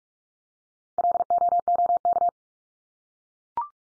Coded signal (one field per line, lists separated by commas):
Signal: Morse code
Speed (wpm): 44 wpm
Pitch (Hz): 700 Hz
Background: none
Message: LOOK